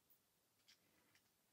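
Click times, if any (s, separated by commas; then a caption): none. A clock hand is handled at the shaft of a quartz clock mechanism as it is about to be pressed on, expected to clip into place. Faint, quiet ticks and light handling noises come at about 0.1, 0.7 and 1.2 seconds over a low, steady background. Nothing has seated or clicked yet.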